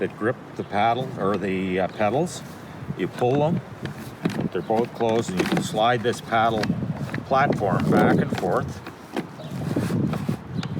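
Someone talks while handling the adjustable paddle/pedal footrest platform of an outrigger canoe, sliding it back and forth along its track in the hull, with the two spring pins on each side pulled open. A few short, sharp knocks are heard near the end, around 9.2, 10.1 and 10.6 seconds. The platform pins have not yet locked into place; nothing has seated yet.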